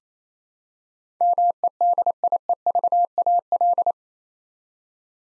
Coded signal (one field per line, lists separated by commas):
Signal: Morse code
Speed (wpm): 29 wpm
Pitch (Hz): 700 Hz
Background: none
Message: MEDIEVAL